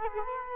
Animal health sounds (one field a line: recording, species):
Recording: mosquito wingbeat signal from an infrared sensor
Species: Culex quinquefasciatus